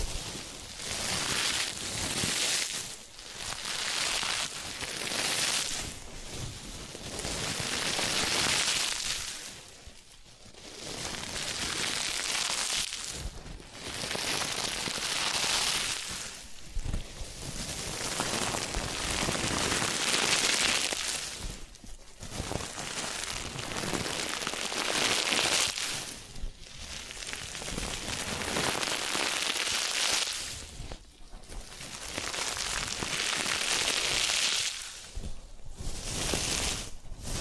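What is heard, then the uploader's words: Spa massage and ear-cleaning sounds: dense, bright rubbing and brushing with a rain-like crackle. The strokes run in long passes broken by brief pauses every three to five seconds, with steady, even loudness throughout. ASMR Relaxing Massage, Ear Cleaning and Spa Making You Sleep Instantly (No Talking).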